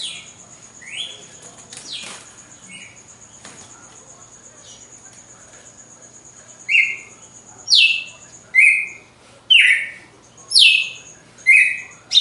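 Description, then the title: Red-cowled cardinal song: after a few quieter notes and a pause, clear sweeping whistled notes repeated about once a second at higher and lower pitches, with a steady high hum. Female bird; recorded after the moult; song in a singing contest. "Canto Galo Campina Fêmea. GALO DE CAMPINA DEPOIS DA MUDA (disputa)"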